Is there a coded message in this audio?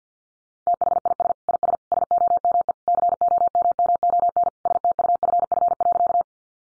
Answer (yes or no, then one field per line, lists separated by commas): yes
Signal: Morse code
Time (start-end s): 0.7-6.2 s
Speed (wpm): 50 wpm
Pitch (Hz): 700 Hz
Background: none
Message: THIS IS SOME COMMON STUFF.